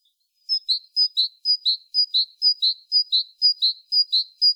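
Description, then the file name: Great tit giving a continuous string of sharp two-note phrases, high note then lower, repeated about twice a second without a break. "Parus major"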